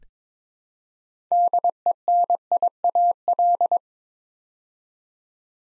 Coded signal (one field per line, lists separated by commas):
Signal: Morse code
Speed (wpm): 22 wpm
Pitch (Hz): 700 Hz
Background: none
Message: DENIAL